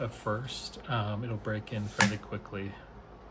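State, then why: Not seated. Someone talks while handling a pistol going into an Ancillary Defense Shroud 33 chassis, with the buttons pushed so it can slide in, a little tight at first. Nothing has seated or clicked yet.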